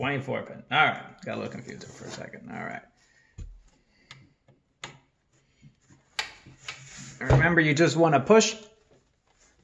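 A 24-pin ATX power cable plug is handled and pushed toward its motherboard socket while someone talks, with a few short plastic ticks and taps between about 3.4 and 6.7 seconds. The clip ends before the connector goes home; nothing has seated or clicked yet.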